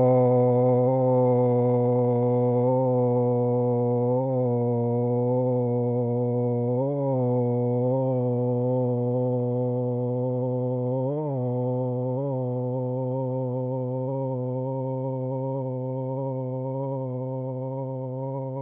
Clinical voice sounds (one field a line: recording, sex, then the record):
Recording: sustained vowel /o/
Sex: male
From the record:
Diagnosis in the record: Parkinson's disease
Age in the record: 71 years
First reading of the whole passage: 50 s, 10.4 characters per second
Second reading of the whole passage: 45 s, 11.4 characters per second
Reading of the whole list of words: 37 s, 7.6 characters per second